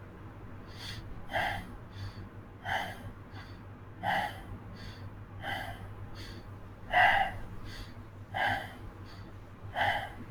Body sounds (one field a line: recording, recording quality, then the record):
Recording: shallow breathing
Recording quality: moderate, slight background noise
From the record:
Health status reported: healthy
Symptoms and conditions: none ticked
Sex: male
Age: 19 years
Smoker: not ticked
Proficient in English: yes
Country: India